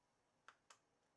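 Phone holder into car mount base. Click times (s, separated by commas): 0.5 s, 0.7 s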